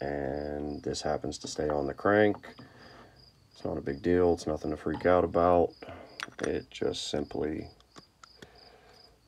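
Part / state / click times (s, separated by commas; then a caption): starter reduction gear onto engine crankshaft / seated / 8.2 s. A metal starter reduction gear that stayed on a Honda Hawk 250 motorcycle's engine crankshaft when the flywheel was pulled is pushed back into place by hand. Someone talks over a steady insect-like chirping, then the gear seats with a sharp snap at 8.2 s, next to small taps around 8.0 s and 8.4 s. The gear is back in place on the crank.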